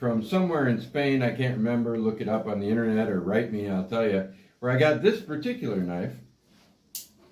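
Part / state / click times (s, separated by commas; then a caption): folding knife blade into its locking mechanism in the handle / seated / 6.9 s. A man talks about a folding pocket knife. Then the blade locks into its locking mechanism in the handle with a single sharp click at 6.9 seconds, and it is seated.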